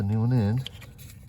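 Someone talks briefly, then quiet scraping and handling sounds follow as a new plastic blower motor resistor is readied to go into its opening in the HVAC blower housing under the dash of a 2003 Chevy Silverado. Nothing has seated or clicked yet.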